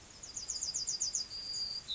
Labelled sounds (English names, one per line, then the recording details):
Yellowhammer song
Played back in grassland
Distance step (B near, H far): E
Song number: 114